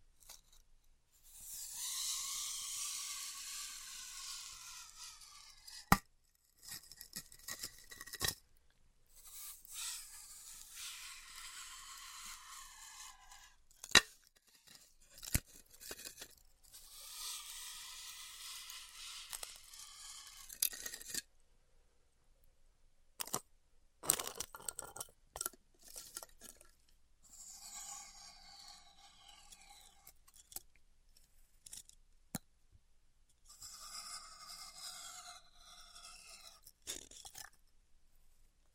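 Styrofoam being cut with a hot wire gives repeated passes of bright, hissing squeal, each lasting a few seconds with a wavering whistle-like tone inside it. Short quiet gaps separate the cuts, broken by sharp snaps and clicks around 6, 14, 21 and 24 seconds.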